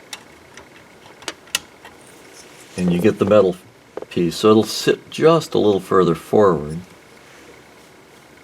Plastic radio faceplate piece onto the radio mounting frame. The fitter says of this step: that snaps on